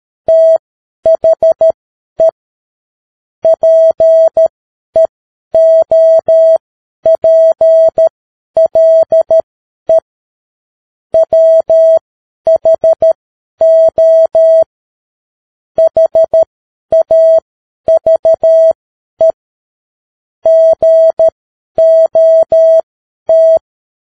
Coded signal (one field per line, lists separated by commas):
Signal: Morse code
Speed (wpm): 13 wpm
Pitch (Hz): 650 Hz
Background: none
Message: THE PEOPLE WHO HAVE GOT